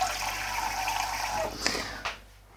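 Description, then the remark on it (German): A steady stream of water is poured into a bowl of dough for about a second and a half, then stops, followed by a couple of soft knocks and clinks as the pouring ends. “Und ich sehe, da brauche ich noch ein bisschen mehr Wasser.”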